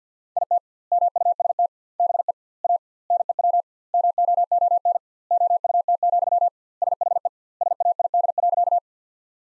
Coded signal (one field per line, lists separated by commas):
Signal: Morse code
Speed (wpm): 50 wpm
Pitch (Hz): 700 Hz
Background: none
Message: IT MUST BE A NEW MOON OUT, SHE SAID.